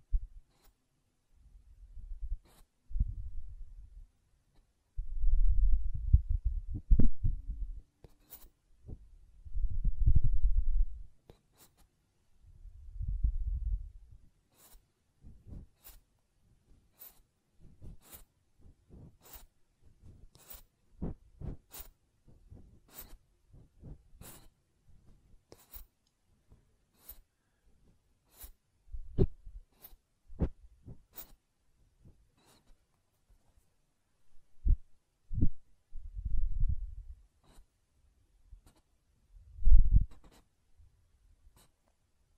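Ear cleaning and blowing: low, muffled gusts of blowing in bursts, with a long middle stretch of sharp, rapid scratchy clicks between them.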